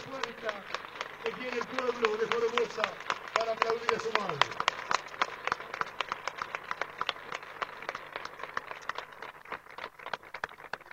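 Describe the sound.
A crowd at the patronal festival of Nuestra Señora del Carmen, on an avenue hung with colored banners, breaks into renewed applause after the band stops playing, a dense crackle of many hands clapping that runs throughout, with a voice talking over it at first before the clapping carries on alone.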